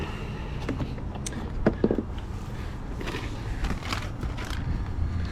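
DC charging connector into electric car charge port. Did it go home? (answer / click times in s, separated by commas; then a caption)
no / none. A DC fast-charging connector is handled and fitted awkwardly toward an electric car's charge port, with knocks and scrapes at about 1.3, 1.7 and 3.9 seconds over steady background noise. The connector has not seated or clicked into the port yet.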